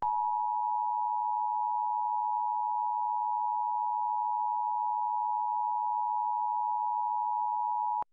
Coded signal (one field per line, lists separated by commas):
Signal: Emergency Alert System (SAME) tones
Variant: 853 and 960 Hz attention tone